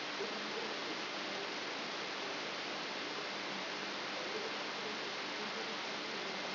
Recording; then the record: brain microelectrode recording played as sound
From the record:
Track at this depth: inside the subthalamic nucleus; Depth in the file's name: 4.102 mm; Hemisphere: left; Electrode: 3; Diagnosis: Parkinson's disease